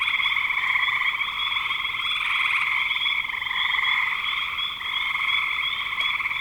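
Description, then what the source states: Frogs trilling, a steady buzzing rattle running throughout with a slight lull near the five-second point. Frogs recorded in spring 2025.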